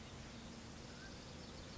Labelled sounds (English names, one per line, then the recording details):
Mountain Quail
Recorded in Sonoma County, California